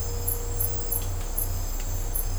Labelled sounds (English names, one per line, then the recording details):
none
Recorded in dense forest near Puerto Asís, Putumayo, Colombia, on 20 December 2024 at 02:30
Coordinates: 0.503, -76.323
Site G043